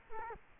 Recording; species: mosquito wingbeat signal from an infrared sensor; Culex quinquefasciatus